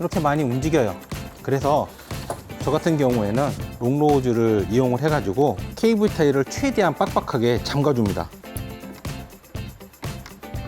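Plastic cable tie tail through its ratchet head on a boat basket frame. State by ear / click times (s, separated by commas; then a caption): not seated / none. Someone talks over music while a plastic cable tie, its tail through the ratchet head on an inflatable-boat basket frame, is about to be pulled as tight as possible with long-nose pliers. Two short sharp sounds are heard at about 8.6 and 9.1 seconds, but nothing has seated or clicked home yet.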